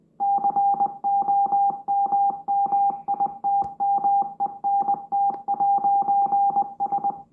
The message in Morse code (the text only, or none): COMMITMENT'S